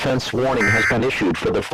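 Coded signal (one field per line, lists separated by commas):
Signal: Emergency Alert System (SAME) tones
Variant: end-of-message bursts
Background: speech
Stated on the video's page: Fictional scenario alert, not real, about aliens taking over Tennessee.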